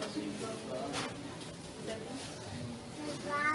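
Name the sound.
child crying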